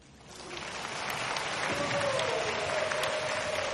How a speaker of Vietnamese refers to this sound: Một tràng vỗ tay được không ạ?